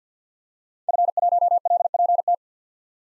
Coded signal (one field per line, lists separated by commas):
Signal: Morse code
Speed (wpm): 50 wpm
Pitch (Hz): 700 Hz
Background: none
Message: F1LPT